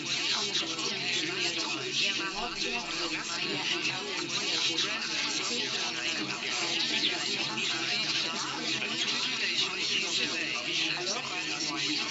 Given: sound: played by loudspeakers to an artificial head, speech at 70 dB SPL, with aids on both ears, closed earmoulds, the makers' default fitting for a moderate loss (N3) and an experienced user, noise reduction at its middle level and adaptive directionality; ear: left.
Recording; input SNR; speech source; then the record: speech test signal (ISTS) in cocktail-party noise; -6 dB; on the right (90 degrees)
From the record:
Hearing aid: class 1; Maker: A